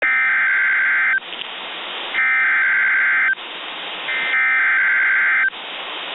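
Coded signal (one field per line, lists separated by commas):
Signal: Emergency Alert System (SAME) tones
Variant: header bursts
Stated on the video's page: Severe Thunderstorm Warning with valid EAS tones.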